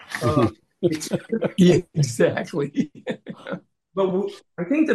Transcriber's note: laughs